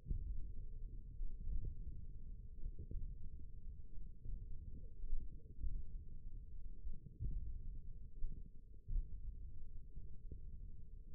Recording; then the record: forearm muscle sounds (acoustic myography)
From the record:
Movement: tripod grip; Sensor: system 1, eight BSWA MPA416 microphones around the upper forearm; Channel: 2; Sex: male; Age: 20 years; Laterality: left